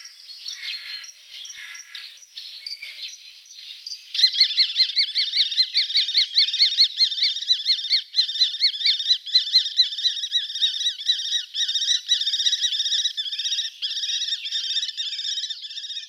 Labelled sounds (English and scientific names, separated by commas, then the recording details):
Common Kestrel (Falco tinnunculus)
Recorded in the wild
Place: Oberrotweil am Kaiserstuhl, Baden-Württemberg, DE
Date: 1978-05-13
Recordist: Schwarz, Dieter
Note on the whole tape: Song